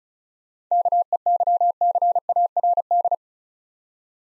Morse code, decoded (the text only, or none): KEYCARD